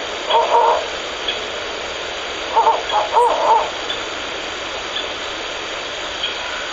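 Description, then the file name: Ural owl gives quick groups of short tonal notes, one burst at the start and another cluster around three seconds, set against a continuous background hiss. Male and female together; recorded 31 March 2019 at 17:54 at Shōnen no Mori. "フクロウ♂♀ 少年の森"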